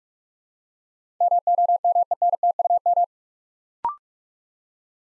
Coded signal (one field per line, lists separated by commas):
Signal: Morse code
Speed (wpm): 44 wpm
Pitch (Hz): 700 Hz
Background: none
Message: MOMENTUM